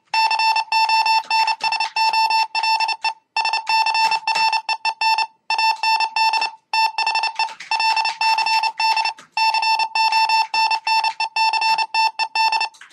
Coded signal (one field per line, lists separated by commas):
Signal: Morse code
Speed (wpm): 29 wpm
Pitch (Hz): 2650 Hz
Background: none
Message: CONSOLE SCREEN AND THE LCD CONNECTED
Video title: W5UXH mbed Keyer Project Using USB keyboard